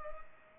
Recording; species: mosquito wingbeat signal from an infrared sensor; Culex pipiens